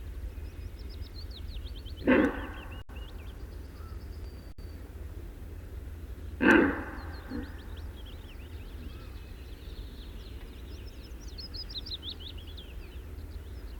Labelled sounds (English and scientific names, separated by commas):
Red Deer (Cervus elaphus)